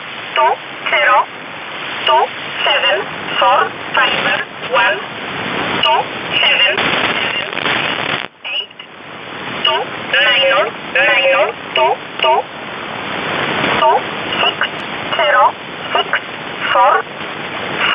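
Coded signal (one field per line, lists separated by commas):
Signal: numbers station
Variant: E11 Oblique, English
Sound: a voice reading short, evenly spaced words, likely numbers, over steady radio hiss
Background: radio static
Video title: 24 06 2019 E11 Oblique Numbers station in English 0457 on 7469 unknown tx site in USB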